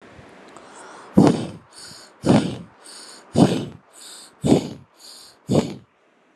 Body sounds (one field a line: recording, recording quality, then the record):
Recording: shallow breathing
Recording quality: excellent, no background noise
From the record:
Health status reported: healthy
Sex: male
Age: 37 years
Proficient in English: yes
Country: India